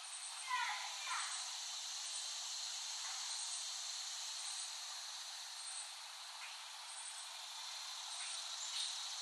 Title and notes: Dronecast. The Cicadas of Summer. Recording of cicadas made by Dan Bodah in West Brighton, Staten Island, late summer 2008